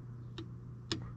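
A long-handled click torque wrench set to 18 ft-lb is pulled lightly on the steel engine oil drain plug of a 2021 Kawasaki Brute Force 300 ATV, over a steady low hum. A faint tick sounds at 0.4 s, then the wrench gives a sharp click at 0.9 s, confirming the plug is torqued.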